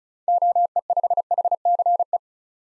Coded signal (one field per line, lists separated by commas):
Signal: Morse code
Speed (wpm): 36 wpm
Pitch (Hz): 700 Hz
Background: none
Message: OE5HCE